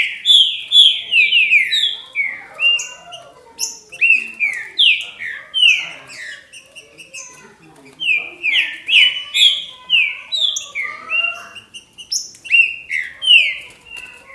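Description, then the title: Green-winged saltator: rapid downslurred whistled notes in long bursts, with a short lull midway. "Trinca Ferro"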